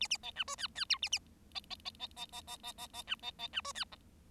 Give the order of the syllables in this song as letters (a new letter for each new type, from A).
A A B C D E E F A A B B B B B B B B B B C B B C D E G